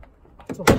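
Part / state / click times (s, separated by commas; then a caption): interior trim panel clip into car body / seated / 0.7 s. During a dash cam install in a Honda Freed+ compact minivan, an interior trim panel is pushed back into its clips on the car body. A soft knock near 0.5 s leads into a loud, sharp snap at 0.7 s as the panel seats firmly into place.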